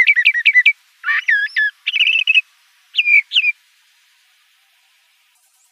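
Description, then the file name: Le Conte's thrasher song opening with a quick burst of repeated notes, then warbled and burry whistled phrases, followed by a long silence before another note starts at the very end. Arizona. "LCTH 2 deviche"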